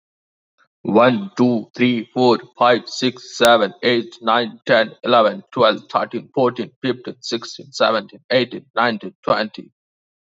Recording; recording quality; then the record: counting at a fast pace; excellent, no background noise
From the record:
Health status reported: healthy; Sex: male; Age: 31 years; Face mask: not worn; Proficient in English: yes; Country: India